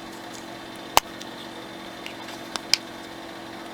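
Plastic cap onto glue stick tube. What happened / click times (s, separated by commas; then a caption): A small plastic cap snaps shut / 1.0 s. A plastic cap is pushed back onto a rolled-down glue stick tube and clicks shut with a sharp snap at 0.9 s, sealing it. Quieter ticks follow, with a second strong snap near 2.7 s, over a steady low hum.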